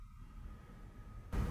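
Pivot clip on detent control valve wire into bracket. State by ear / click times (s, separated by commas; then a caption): not seated / none. A pivot clip is lined up with the holes in a bracket to reconnect a detent control valve wire, just before it is pushed home. A quiet low rumble runs through most of the clip, then a louder broadband rush of noise starts at about 1.3 s and lasts to the end. The clip has not snapped in yet.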